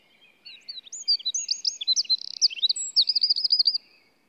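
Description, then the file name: Eurasian wren giving a vigorous high song of sharp chips and short whistles, closing with a rapid rolling trill before falling silent. "Troglodytes troglodytes"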